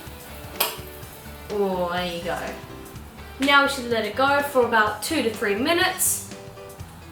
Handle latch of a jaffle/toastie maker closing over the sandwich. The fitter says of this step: you can use two hands do it the plastic won't burn you until it clicks in all the way